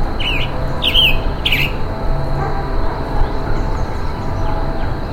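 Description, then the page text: Roadside hawk giving three short, harsh, downslurred screeching calls about every 0.6 seconds, over steady insect hum and low background rumble. Calls given while being mobbed, in humid tropical forest. "Calls of a Roadside Hawk as it is being mobbed in humid tropical forest."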